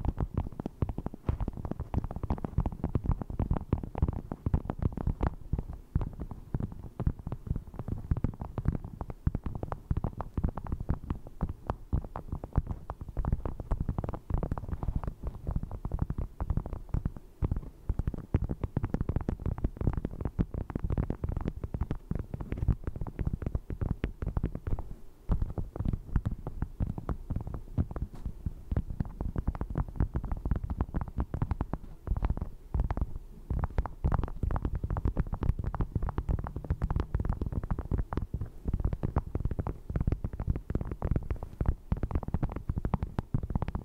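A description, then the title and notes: Dense, rapid tapping continues without pause for the whole stretch, the strikes blurring into a near-continuous patter. The sound sits low and muffled, with a dull, thudding body and little brightness. The level holds steady throughout. ASMR 100% Pure Tapping For Tingles & Sleep (No Talking).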